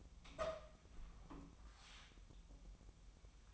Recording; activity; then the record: daily activity, microphone in the room; open door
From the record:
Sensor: 1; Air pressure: 1005.0 hPa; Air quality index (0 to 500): 89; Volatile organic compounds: 2 ppm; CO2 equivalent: 1215 ppm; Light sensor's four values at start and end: 10/24/9/10 and 10/24/9/10